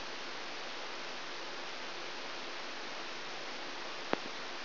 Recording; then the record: brain microelectrode recording played as sound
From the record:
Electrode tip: outside the subthalamic nucleus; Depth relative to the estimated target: -6 mm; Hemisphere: left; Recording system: AlphaMap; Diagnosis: Parkinson's disease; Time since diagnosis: 13 years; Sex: male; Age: 63 years